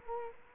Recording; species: mosquito wingbeat signal from an infrared sensor; Culex quinquefasciatus